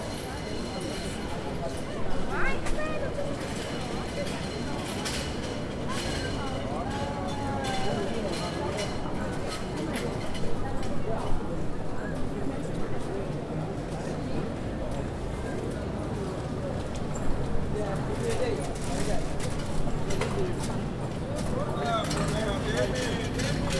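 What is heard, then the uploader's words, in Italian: A busy open-air market in a city square, with many voices talking at once in a steady, dense murmur. Some voices stand out now and then, and sharp clicks and knocks pop up around two, eleven and seventeen seconds. 11:40. Mercato Cittadino. The Piazza delle Erbe Market is the heart of the city center. It is located in the most ancient and important point of Padua, next to Palazzo della Ragione.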